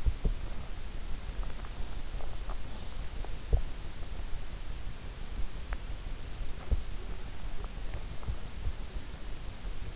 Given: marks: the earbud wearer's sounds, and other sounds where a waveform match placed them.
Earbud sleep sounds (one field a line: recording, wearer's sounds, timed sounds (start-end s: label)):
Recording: sounds in sleep by an in-ear microphone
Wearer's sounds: teeth grinding, swallowing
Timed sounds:
0.00-0.41 s: teeth grinding
2.17-3.64 s: swallowing
6.62-6.87 s: teeth grinding
7.63-8.76 s: teeth grinding